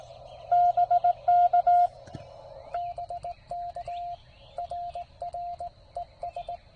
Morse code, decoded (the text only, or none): BK BK RR ES